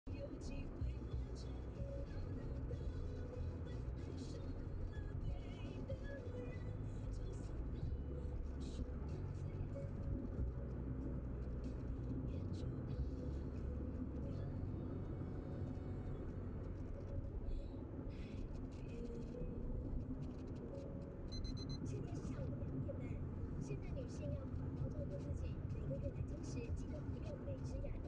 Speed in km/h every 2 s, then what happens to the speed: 86, 88, 91, 90, 86, 85, 82, 83, 83, 83, 78, 77, 82, 86.
0-7 steady at about 88. 7-22 slows to 77. 22-28 speeds up to 86.